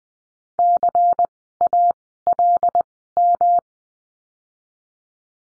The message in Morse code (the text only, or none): CALM